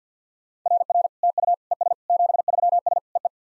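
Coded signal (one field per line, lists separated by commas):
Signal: Morse code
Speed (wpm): 50 wpm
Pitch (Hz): 700 Hz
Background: none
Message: RR TU ES 73S EE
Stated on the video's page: Morse practice at 50 wpm: simulated SOTA QSO exchanges, sent, spoken, then sent again.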